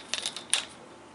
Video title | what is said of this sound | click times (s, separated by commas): Casa Verde 5 ft. Green Fence Slat install | you push that in till it snaps | 0.5 s